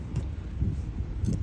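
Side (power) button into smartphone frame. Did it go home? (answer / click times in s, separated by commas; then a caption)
yes / 1.3 s. A replacement power (side) button for an iPhone 12 Pro with a broken power button is pushed into the phone's metal frame and rotated until it locks in place. Over a low background rumble, a faint tick at about 0.2 s is followed by a short, sharp click at 1.3 s with a second tick right after it. The button is seated.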